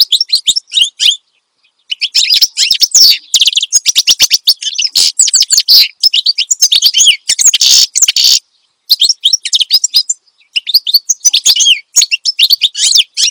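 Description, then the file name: Finch song: dense, rapid chattering twitters and buzzy trills, high-pitched and almost continuous, with brief pauses near two and nine seconds. Energetic ('gacor') song used as a master recording for tutoring songbirds. "Suara Kicauan Burung Finch Gacor Dor Cocok Untuk Masteran"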